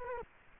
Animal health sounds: mosquito wingbeat signal from an infrared sensor; Culex quinquefasciatus

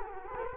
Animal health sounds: mosquito wingbeat signal from an infrared sensor; Culex quinquefasciatus

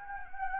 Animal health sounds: mosquito wingbeat signal from an infrared sensor; Anopheles gambiae

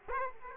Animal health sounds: mosquito wingbeat signal from an infrared sensor; Aedes aegypti

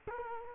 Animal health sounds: mosquito wingbeat signal from an infrared sensor; Culex quinquefasciatus

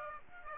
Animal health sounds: mosquito wingbeat signal from an infrared sensor; Aedes aegypti

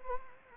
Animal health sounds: mosquito wingbeat signal from an infrared sensor; Anopheles gambiae

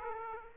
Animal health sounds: mosquito wingbeat signal from an infrared sensor; Aedes aegypti

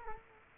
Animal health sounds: mosquito wingbeat signal from an infrared sensor; Culex quinquefasciatus

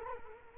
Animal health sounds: mosquito wingbeat signal from an infrared sensor; Culex quinquefasciatus

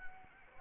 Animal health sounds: mosquito wingbeat signal from an infrared sensor; Anopheles arabiensis

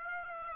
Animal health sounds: mosquito wingbeat signal from an infrared sensor; Aedes aegypti

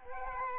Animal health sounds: mosquito wingbeat signal from an infrared sensor; Aedes albopictus

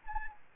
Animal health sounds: mosquito wingbeat signal from an infrared sensor; Anopheles arabiensis

